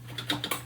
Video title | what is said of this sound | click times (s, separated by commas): April 4, 2024 | I'm pushing down and I'm going to let it snap into place and it just snaps in | 0.3 s